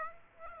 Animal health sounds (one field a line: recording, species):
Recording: mosquito wingbeat signal from an infrared sensor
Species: Aedes aegypti